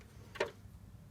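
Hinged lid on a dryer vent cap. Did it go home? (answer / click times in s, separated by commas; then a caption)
yes / 0.4 s. The hinged lid on a sealed dryer vent cap is closed and locks in place, which keeps the cap from opening all the way and keeps critters out. A single sharp tick sounds at 0.4 s over a low background hum.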